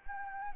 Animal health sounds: mosquito wingbeat signal from an infrared sensor; Anopheles arabiensis

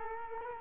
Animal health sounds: mosquito wingbeat signal from an infrared sensor; Culex quinquefasciatus

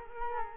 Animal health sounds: mosquito wingbeat signal from an infrared sensor; Culex quinquefasciatus

